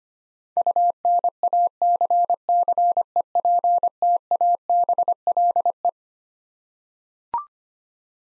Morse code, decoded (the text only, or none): UNACCEPTABLE